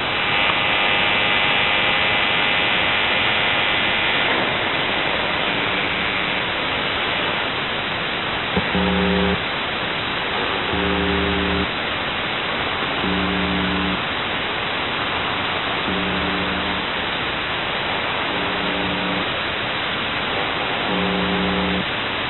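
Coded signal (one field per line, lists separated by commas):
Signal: channel marker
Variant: UVB-76 (The Buzzer)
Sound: static hiss, then short low harsh buzzes repeating about every two seconds, seven heard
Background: radio static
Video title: The Buzzer/UVB-76(4625Khz) April 29th, 2023 10:33UTC Voice message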